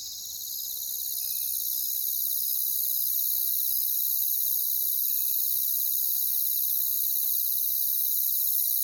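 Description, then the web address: Crickets in a steady shrill chorus that rises slightly in loudness at the start. "Natures Songs Sleep Sounds of Nature CRICKETS Crickets"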